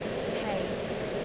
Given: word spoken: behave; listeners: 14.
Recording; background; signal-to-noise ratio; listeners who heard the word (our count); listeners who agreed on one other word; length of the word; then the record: one English word in noise, from a listening test; speech-shaped noise; -6.1 dB; 0 of 14; 7 of 14; 0.85 s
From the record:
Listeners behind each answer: 7, 5, 1, 1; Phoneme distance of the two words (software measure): 34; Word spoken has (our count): 2 syllables, 5 phonemes, stress on syllable 2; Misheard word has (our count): 1 syllable, 3 phonemes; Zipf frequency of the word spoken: 4.17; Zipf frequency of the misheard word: 4.85